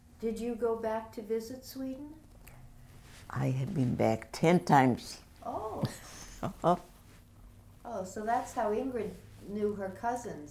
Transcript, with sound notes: Did you go back to visit Sweden?
I have been back ten times. (she laughs)
Oh, oh. Oh, so that's how Ingrid knew her cousin so well.